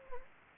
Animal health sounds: mosquito wingbeat signal from an infrared sensor; Anopheles gambiae

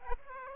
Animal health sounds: mosquito wingbeat signal from an infrared sensor; Aedes aegypti

